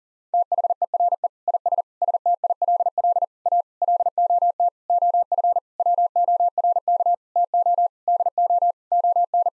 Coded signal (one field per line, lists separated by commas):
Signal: Morse code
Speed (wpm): 37 wpm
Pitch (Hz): 700 Hz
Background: none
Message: THERE IS STILL A LOT OF WORK TO DO ON